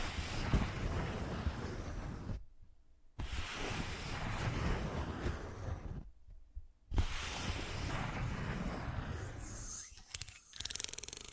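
Fast-changing ASMR triggers come as dense, rumbling bursts of rustling and scratching, heavy in the low end, cut off abruptly by near-silent gaps around 2.5 and 6 seconds. Near the end the sound thins into sparse, crisp clicks and taps.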